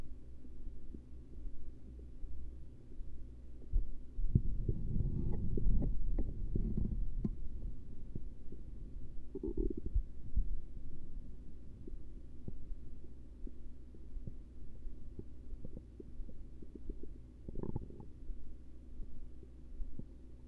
Stomach Rumbling Gurgles.